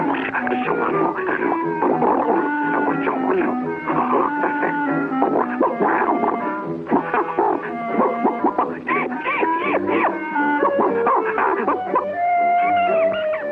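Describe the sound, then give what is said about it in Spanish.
Pluto the dog barks and yowls in a long, nearly unbroken string of loud, expressive vocalizations, the pitch rising and falling as if chattering, with no one speaking. “A ver, Pluto, ládramelo todo.”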